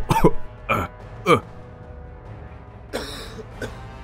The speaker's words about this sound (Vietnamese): … ho lên sặc sụa rồi yếu dần.